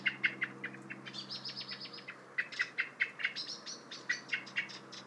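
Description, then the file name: Common blackbird's sharp clicking notes come in quick succession, mixed with higher, thinner chirps throughout. "Turdus merula"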